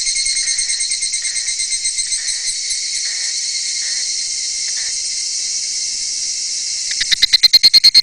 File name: ヒグラシの声 蝉 Sounds of Cicada